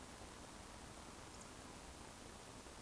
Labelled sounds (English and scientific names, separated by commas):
Eurasian Woodcock (Scolopax rusticola) whistle